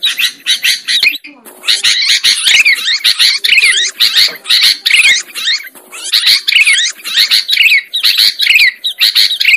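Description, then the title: Lovebird chatter: high scratchy chirps and squeaky trills in quick repeated bursts with small gaps. Lovebird sound used as a lure for trapping birds. "PIKAT BURUNG LOVEBIRD"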